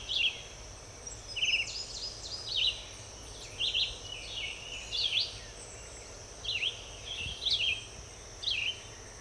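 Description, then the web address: Red-eyed vireo delivering many choppy whistled phrases, varied in shape and spaced by short gaps, with a faint continuous high-pitched buzz behind. "birds vireos"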